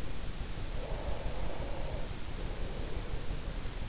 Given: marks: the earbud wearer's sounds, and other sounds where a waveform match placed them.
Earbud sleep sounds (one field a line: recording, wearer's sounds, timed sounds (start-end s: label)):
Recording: sounds in sleep by an in-ear microphone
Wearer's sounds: breath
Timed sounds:
0.46-3.70 s: breath